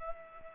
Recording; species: mosquito wingbeat signal from an infrared sensor; Culex pipiens